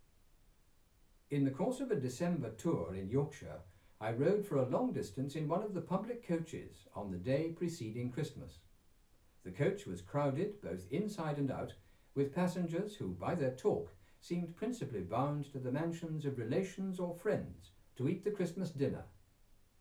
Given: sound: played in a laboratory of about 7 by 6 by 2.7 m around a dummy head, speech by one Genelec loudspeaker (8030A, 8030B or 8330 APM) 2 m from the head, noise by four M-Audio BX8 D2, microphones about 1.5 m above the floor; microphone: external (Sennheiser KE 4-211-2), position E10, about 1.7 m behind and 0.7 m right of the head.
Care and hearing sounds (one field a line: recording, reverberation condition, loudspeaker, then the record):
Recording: male speech in English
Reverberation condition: low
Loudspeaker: 30 degrees to the left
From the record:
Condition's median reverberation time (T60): about 310 ms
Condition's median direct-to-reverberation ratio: about 3.5 dB